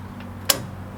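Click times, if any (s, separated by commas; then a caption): 0.5 s. With the plunger lever pulled out, a folding table support is pushed down until the indexing pin drops in, giving one sharp, bright click at 0.5 s over a low steady hum. The support is locked in its stowed position.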